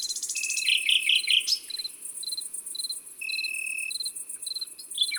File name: Grillon champetre Concerts Naturels de la Drome Studio les Trois Becs